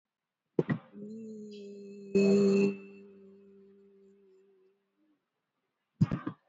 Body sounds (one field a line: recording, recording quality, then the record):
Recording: sustained vowel as in beet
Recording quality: excellent, no background noise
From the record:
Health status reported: respiratory illness, not identified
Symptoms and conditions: fever, fatigue, muscle pain, asthma, diabetes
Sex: female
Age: 70 years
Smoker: no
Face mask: worn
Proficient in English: no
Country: India